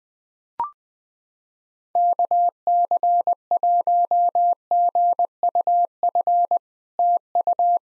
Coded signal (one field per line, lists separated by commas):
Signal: Morse code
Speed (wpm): 20 wpm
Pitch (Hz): 700 Hz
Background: none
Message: KC1GUF TU